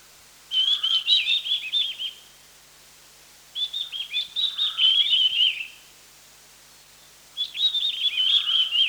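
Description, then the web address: Mountain wren-babbler calling in three bursts of rapid, high chattering notes separated by short quiet gaps, the last burst cut off. Recorded on 1 March 2008. "KNPHQ. mountain wren-babbler"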